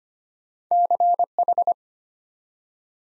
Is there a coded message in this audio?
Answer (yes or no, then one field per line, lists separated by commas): yes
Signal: Morse code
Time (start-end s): 0.7-1.7 s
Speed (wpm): 25 wpm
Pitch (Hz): 700 Hz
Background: none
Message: CH